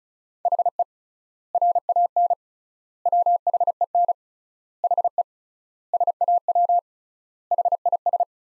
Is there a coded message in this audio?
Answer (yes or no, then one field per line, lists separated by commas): yes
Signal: Morse code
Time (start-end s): 0.5-8.2 s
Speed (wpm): 34 wpm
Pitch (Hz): 700 Hz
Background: none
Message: HE RAN WHEN HE SAW HIS